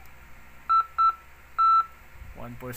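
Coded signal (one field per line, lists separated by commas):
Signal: none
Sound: SWR meter button beeps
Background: speech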